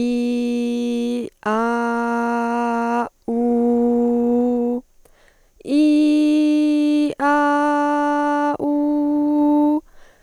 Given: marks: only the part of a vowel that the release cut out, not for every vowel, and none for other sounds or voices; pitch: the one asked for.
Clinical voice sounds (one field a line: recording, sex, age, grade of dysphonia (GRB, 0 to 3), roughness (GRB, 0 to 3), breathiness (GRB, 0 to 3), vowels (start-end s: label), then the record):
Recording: sustained vowels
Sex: female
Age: 20 to 29 years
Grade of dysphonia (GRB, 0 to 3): 0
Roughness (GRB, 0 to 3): 0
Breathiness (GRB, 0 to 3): 0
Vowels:
0.00-1.21 s: vowel /i/, normal pitch
1.55-2.99 s: vowel /a/, normal pitch
3.40-4.71 s: vowel /u/, normal pitch
5.81-7.00 s: vowel /i/, high pitch
7.37-8.45 s: vowel /a/, high pitch
8.68-9.37 s: vowel /u/, high pitch
From the record:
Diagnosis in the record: healthy voice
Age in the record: 20 years